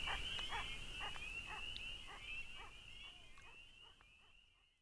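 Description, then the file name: Beaver whines, a quick run of brief nasal notes about twice a second, fading out toward the end, with a constant high hum behind. Beaver at work; Chippewa, Minnesota, USA; dated 03-19-07. "Chippewa MN Beaver At Work"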